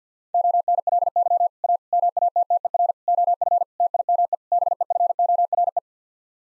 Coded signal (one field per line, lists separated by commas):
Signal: Morse code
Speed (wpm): 50 wpm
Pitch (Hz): 700 Hz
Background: none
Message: ONLY A MATTER OF TIME BEFORE